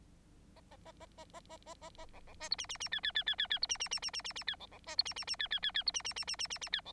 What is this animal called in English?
Bengalese Finch